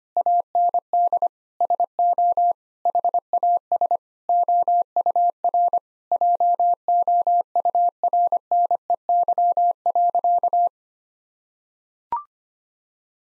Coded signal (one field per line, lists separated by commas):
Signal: Morse code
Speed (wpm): 25 wpm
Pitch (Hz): 700 Hz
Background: none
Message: AND SO HAS OUR JOURNEY.